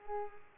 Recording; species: mosquito wingbeat signal from an infrared sensor; Culex pipiens